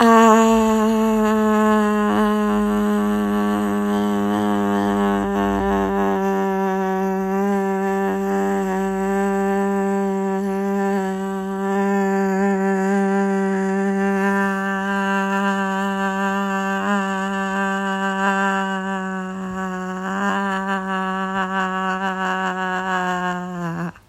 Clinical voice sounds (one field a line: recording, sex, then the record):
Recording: sustained vowel /a/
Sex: female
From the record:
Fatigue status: no fatigue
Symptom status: asymptomatic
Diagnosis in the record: COVID-19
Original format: m4a